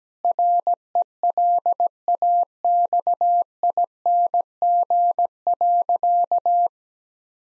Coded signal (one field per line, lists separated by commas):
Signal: Morse code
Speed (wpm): 17 wpm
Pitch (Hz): 700 Hz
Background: none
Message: RELAXING.